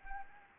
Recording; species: mosquito wingbeat signal from an infrared sensor; Anopheles arabiensis